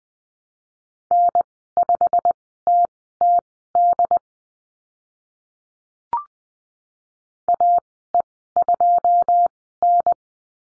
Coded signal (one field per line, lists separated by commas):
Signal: Morse code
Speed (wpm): 20 wpm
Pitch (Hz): 700 Hz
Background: none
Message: N5TTD AE2N